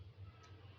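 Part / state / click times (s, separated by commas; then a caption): cooler push pin into motherboard / not seated / none. A CPU cooler push pin is handled against the motherboard, with steady low hum and faint handling noise throughout. Nothing has seated or clicked yet.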